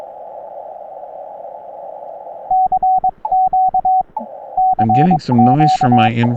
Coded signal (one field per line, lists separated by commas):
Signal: Morse code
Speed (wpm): 22 wpm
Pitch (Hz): 750 Hz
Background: speech, radio noise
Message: CQ CQ